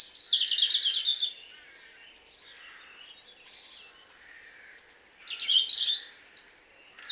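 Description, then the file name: European robin song: thin, high warbled phrases and sliding whistles, loud at the start and again after a quiet pause, with fainter twittering between. "Erithacus rubecula"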